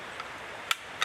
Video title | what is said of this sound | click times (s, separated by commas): Shooting from the hip. Spring bear hunt in Saskatchewan at Spirit Creek Outfitters with a big bear | the drawstring here or the draw rope push that down until you hear a click | 0.7 s